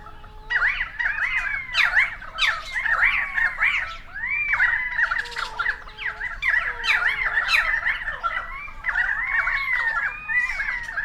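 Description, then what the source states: Currawong chorus, loud overlapping ringing and gurgling calls pouring out almost without pause, with occasional lower drawn-out whistled notes. Several currawongs, recorded 28 May 2013.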